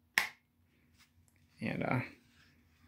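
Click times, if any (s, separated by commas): 0.2 s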